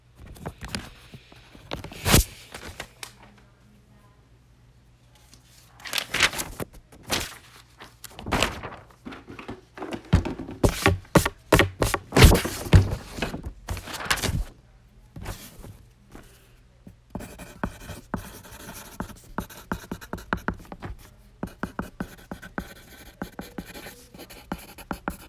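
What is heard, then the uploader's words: Pencil scratches and taps come in uneven bursts. Sharp strokes and knocks crowd together between about 10 and 14 seconds, with quiet gaps before. After 17 seconds they turn into a denser, softer run of rapid scribbling over a faint low hum. ASMR Pencil. No talking.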